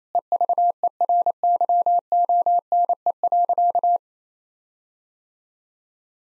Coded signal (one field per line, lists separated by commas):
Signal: Morse code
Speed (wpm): 28 wpm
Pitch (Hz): 700 Hz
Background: none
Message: EVERYONE.